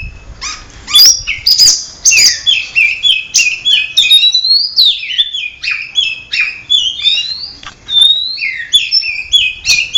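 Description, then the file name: Oriental magpie-robin song, a long stream of varied whistles, trills and slurred notes, densely packed with several sharp clicks near the start. Simulated songbird contest. "audio simulasi lomba untuk kacer omkicau"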